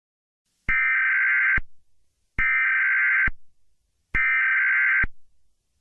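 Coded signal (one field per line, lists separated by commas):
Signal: Emergency Alert System (SAME) tones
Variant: header bursts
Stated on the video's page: Fictional Emergency Alert System scenario.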